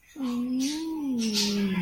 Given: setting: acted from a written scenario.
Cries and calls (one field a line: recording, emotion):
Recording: vocal sound without words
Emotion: desire